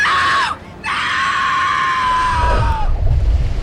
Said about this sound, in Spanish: De pronto, un grito de muerte centelleó desde el agua salada.